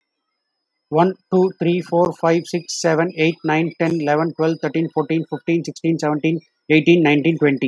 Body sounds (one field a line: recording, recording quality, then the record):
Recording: counting at a fast pace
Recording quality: moderate, slight background noise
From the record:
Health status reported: healthy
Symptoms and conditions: none ticked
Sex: male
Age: 35 years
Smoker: not ticked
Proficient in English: yes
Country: India